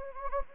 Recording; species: mosquito wingbeat signal from an infrared sensor; Anopheles gambiae